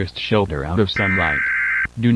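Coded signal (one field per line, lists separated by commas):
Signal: Emergency Alert System (SAME) tones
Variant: header bursts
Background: speech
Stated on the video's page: Fake alert made in VHS tape style; all information is fictional.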